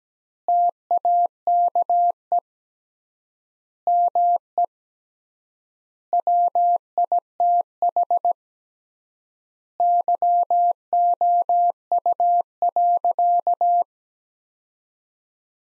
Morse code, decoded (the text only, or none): TAKE ME WITH YOU.